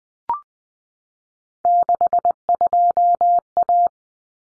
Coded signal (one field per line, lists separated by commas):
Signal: Morse code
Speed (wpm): 20 wpm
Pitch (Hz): 700 Hz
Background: none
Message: 62A